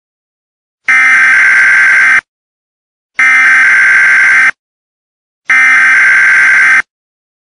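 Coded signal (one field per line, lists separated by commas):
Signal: Emergency Alert System (SAME) tones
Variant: header bursts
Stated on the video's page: Fictional simulated EAS scenario, not real.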